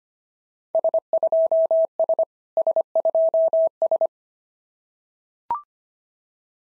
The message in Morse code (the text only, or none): S2S S2S